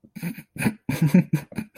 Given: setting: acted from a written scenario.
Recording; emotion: vocal sound without words; amusement